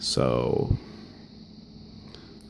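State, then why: Seated. Someone talks briefly while a compressed metal spring bar on a watch band is wiggled gently between the case lugs. A small, sharp click at 2.1 s is the pin snapping into the lug hole, and the spring bar is seated.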